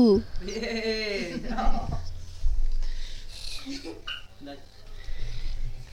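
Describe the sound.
A person imitates a sheep, giving one long, wavering, nasal "baa" with a quivering pitch, followed by a few seconds of quieter mixed voices and background noise.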